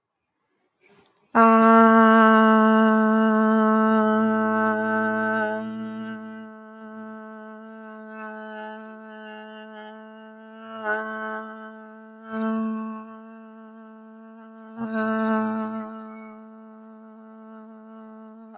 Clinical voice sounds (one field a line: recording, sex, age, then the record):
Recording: vowel held as long as possible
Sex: female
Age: 30 to 39 years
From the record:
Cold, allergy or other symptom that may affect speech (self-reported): no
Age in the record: 35 years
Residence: Ohio, United States